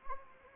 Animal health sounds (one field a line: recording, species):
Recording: mosquito wingbeat signal from an infrared sensor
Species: Anopheles gambiae